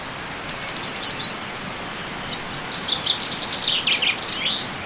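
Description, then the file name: Common chaffinch song: a short phrase, then a full fast run of notes dropping in pitch and closing with a flourish, over steady background noise. "Fringilla coelebs"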